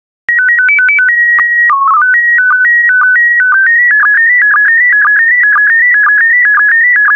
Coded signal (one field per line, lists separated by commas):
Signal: SSTV (slow-scan television)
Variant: PD 120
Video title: 70002 Hawks and Falcons SSTV PD120